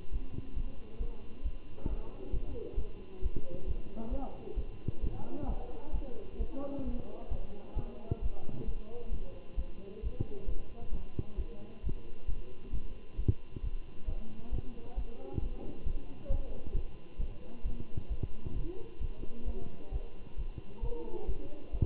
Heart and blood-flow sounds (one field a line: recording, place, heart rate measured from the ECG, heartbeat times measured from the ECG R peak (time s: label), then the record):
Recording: heart sounds by stethoscope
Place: between the tricuspid and mitral areas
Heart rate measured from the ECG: 133 bpm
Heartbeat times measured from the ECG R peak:
0.12 s: heartbeat
0.56 s: heartbeat
1.00 s: heartbeat
1.44 s: heartbeat
1.89 s: heartbeat
2.32 s: heartbeat
2.77 s: heartbeat
3.22 s: heartbeat
3.66 s: heartbeat
4.11 s: heartbeat
4.56 s: heartbeat
5.02 s: heartbeat
5.48 s: heartbeat
5.93 s: heartbeat
6.39 s: heartbeat
6.85 s: heartbeat
7.30 s: heartbeat
7.76 s: heartbeat
8.22 s: heartbeat
8.67 s: heartbeat
9.12 s: heartbeat
9.57 s: heartbeat
10.02 s: heartbeat
10.47 s: heartbeat
10.92 s: heartbeat
11.37 s: heartbeat
11.83 s: heartbeat
12.27 s: heartbeat
12.72 s: heartbeat
13.18 s: heartbeat
13.63 s: heartbeat
14.07 s: heartbeat
14.52 s: heartbeat
14.96 s: heartbeat
15.41 s: heartbeat
15.85 s: heartbeat
16.29 s: heartbeat
16.74 s: heartbeat
17.19 s: heartbeat
17.64 s: heartbeat
18.09 s: heartbeat
18.55 s: heartbeat
19.00 s: heartbeat
19.46 s: heartbeat
19.91 s: heartbeat
20.37 s: heartbeat
20.82 s: heartbeat
21.27 s: heartbeat
21.72 s: heartbeat
From the record:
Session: Bruce protocol treadmill stress test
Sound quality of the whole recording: good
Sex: male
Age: 23 years